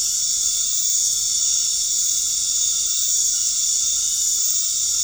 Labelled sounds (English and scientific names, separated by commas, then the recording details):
none
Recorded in dense forest near Puerto Asís, Putumayo, Colombia, on 13 March 2025 at 20:00
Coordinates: 0.485, -76.318
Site G056